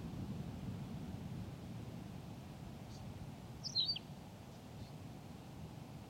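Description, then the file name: Tawny pipit song: a single short, high, slurred phrase midway through, with faint high notes and a steady low rumble throughout. "Pipit rousseline Anthus campestris"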